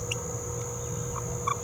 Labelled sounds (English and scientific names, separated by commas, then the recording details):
Green-rumped Parrotlet (Forpus passerinus) babbling
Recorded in a nest box in Venezuela
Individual 18B17A3